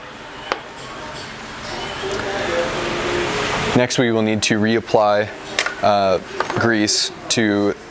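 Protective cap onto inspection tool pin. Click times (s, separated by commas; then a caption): 0.5 s. A protective cap is pushed back onto an inspection tool over its pin after an inspection, to prevent damage to the pin. A sharp hit at 0.5 s marks the cap seating, over a low background hiss. From about 3.8 s someone talks.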